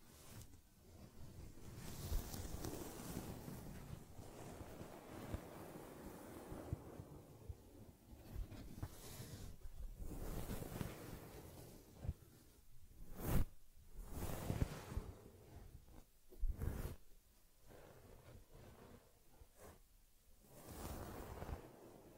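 Soft brushing and rubbing on a teddy's fur come in uneven swishing strokes, with a sharp tap near thirteen seconds and quieter gaps.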